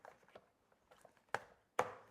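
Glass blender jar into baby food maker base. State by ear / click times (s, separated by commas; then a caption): seated / 1.3 s, 1.8 s. The glass blender jar of a Baby Brezza Glass Baby Food Maker is lined up and pushed into its locking position on the base, which must be perfectly aligned before the blender will run. Soft taps and handling noises come first, then two sharp clicks at 1.3 s and 1.8 s. The jar is seated and locked in.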